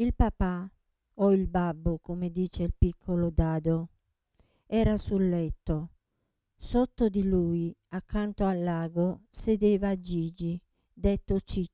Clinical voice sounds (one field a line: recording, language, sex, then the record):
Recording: read passage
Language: Italian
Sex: female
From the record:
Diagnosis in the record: Parkinson's disease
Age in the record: 67 years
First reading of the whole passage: 79 s, 6.5 characters per second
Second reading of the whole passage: 74 s, 7.0 characters per second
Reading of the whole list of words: 72 s, 3.9 characters per second